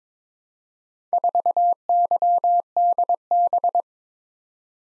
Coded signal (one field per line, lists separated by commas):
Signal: Morse code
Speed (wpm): 22 wpm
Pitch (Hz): 700 Hz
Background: none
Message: 4YDB